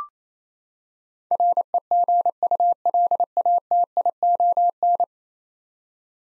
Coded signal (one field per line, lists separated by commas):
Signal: Morse code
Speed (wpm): 28 wpm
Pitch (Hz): 700 Hz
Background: none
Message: REGULATION